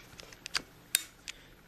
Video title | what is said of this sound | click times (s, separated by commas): Cotton Unboxes: The Nintendo Switch! | hear that click? It's in. | 1.0 s